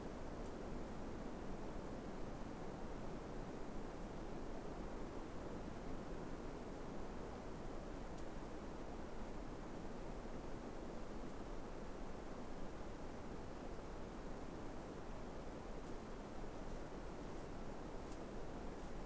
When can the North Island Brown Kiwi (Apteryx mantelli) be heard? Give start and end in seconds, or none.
none